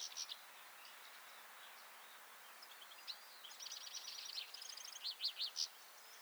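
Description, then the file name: European goldfinch calls, bright twittering notes high in pitch, scattered at first, then a rapid tinkling run and a few sharp chirps near the end, over steady background hiss. "Carduelis carduelis"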